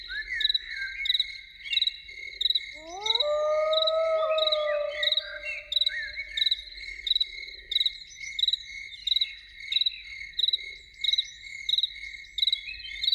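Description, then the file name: Loon wail that slides upward and is then held for several seconds, set against a dense, regularly pulsing cricket chorus. Evening. "Evening with Loons"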